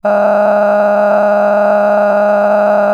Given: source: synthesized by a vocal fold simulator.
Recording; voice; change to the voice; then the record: sustained vowel; female; cycle-to-cycle stiffness perturbation (roughness), level 9 of 10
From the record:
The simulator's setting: 5.86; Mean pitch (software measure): 206 Hz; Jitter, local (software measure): 2.96%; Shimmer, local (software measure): 17.9%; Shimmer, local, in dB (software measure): 1.57 dB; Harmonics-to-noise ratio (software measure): 10.9 dB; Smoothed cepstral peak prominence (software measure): 13.6 dB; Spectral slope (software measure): -21.8 dB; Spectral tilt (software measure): -12.0 dB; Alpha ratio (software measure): -12.3 dB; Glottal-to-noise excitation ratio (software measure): 0.938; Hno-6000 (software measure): 2.4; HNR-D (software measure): 27.4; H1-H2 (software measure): 0.4 dB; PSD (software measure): 1.2e-04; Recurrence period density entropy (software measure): 0.114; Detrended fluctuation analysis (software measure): 0.0292